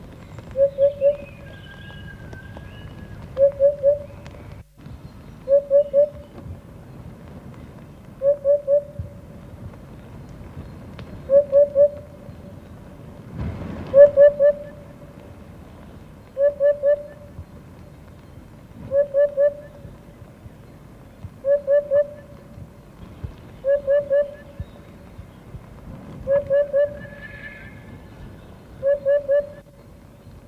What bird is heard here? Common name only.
Eurasian Hoopoe